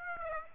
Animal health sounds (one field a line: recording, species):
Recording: mosquito wingbeat signal from an infrared sensor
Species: Aedes aegypti